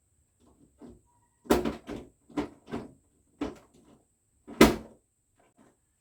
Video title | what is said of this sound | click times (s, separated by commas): KEEP IT WORKING EFFICENTLY - Clean the Filters in Your DAIKIN CORA Air-Conditioner | right that's all clicked back into place | 4.6 s